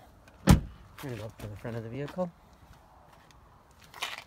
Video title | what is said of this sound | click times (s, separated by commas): Adding Windshield Wiper Fluid to Ram Laramie Long Horn Dodge Ram Windshield Washer Fluid | hear pop in the front | 0.3 s